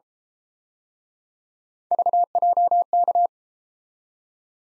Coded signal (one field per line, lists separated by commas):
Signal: Morse code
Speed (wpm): 32 wpm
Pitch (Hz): 700 Hz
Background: none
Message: VJK